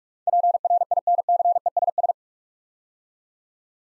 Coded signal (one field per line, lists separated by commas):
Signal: Morse code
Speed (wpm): 44 wpm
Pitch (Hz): 700 Hz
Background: none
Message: PRINCESS